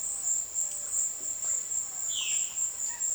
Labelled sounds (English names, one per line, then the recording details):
Violaceous Jay
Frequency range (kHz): Violaceous Jay 1.7-7.8 kHz
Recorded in dense forest near Puerto Asís, Putumayo, Colombia, on 20 February 2024 at 17:00
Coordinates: 0.502, -76.326
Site G6460